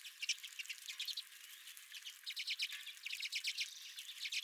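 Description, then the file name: Redpolls softly chattering, scattered thin chips and short twittering runs, fairly quiet throughout. Redpolls at the recordist's feeder. "Redpolls at My Feeder"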